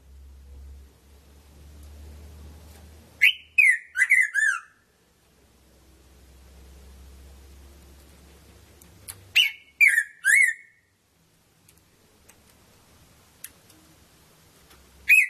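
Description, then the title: Red-throated parrotfinch giving two bursts of four or five sharp, slurred notes that step downward in pitch, separated by several seconds of quiet with a low hum, and the start of a third burst at the very end. "Erythrura Psittacea"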